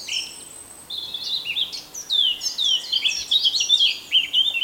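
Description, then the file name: Eurasian blackcap song, a fast, scratchy high warble of varied notes. "Sylvia atricapilla"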